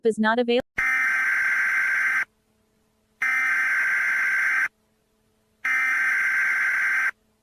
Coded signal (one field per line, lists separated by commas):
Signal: Emergency Alert System (SAME) tones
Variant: header bursts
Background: speech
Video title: Jerry EAS scenario Part 2 "Dimension hopping"